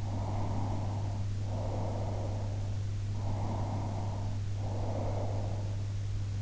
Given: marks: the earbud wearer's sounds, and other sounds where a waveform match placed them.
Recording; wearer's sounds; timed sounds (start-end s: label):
sounds in sleep by an in-ear microphone; breath
0.22-2.89 s: breath
3.26-5.77 s: breath